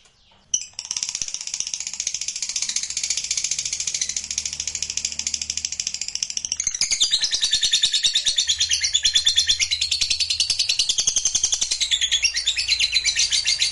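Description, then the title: Lovebird begins after a brief click with a sustained, rapid high chatter that grows louder and denser about halfway through. Used to provoke a reluctant lovebird into singing spontaneously. "LOVEBIRD Malas Bunyi JADI GREGET SPONTAN Langsung NARIK"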